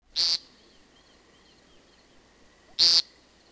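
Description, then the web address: American woodcock giving two short, buzzy, nasal peent notes about two and a half seconds apart, with quiet background between them. "Peterson North American Birds. amwo"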